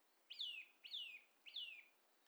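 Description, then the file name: Eurasian nuthatch giving three downward-slurred call notes at steady intervals, with a quiet background. "Sitta europaea"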